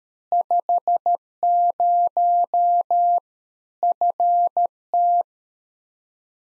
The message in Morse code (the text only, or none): 50 FT